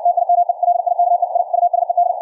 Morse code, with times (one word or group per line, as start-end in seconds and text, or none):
0.1-0.5 TIME
0.6-1.2 LIKE
1.4-1.4 I
1.5-2.1 USED